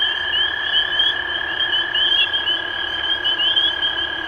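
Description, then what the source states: Spring peeper chorus of high rising peeps, running steadily throughout, over a steady lower hum. Recorded 23 March 2012.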